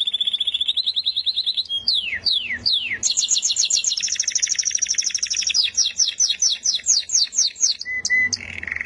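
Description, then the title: Canary song opening with a steady trill, then a series of sharp downward sweeps followed by rapid rolled tours and clipped repeated notes. "Kenari"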